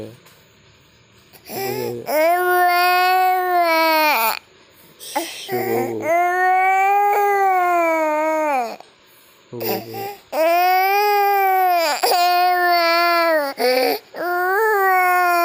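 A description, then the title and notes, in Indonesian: A little child cries at night in loud, drawn-out wails, each lasting two to three seconds. Short sharp gasps and sobbing breaths break up the wails. The cries rise and fall slightly in pitch and come again and again without letting up. Adikku Nangis malem2.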